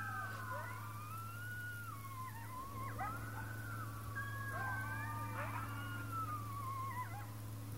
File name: Coyotes Howling